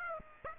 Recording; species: mosquito wingbeat signal from an infrared sensor; Aedes aegypti